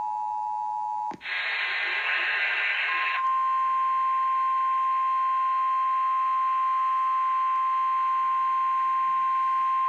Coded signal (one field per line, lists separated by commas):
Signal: Emergency Alert System (SAME) tones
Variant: 853 and 960 Hz attention tone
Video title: [EAS #33] Severe Thunderstorm Warning on 93.1 FM KFBK